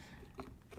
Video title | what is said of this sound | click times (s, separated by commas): Rike Knife Hummingbird The Full Zel Review | neck sheath if you chose to wear it in a next sheet little knife pops right in there so | 0.4 s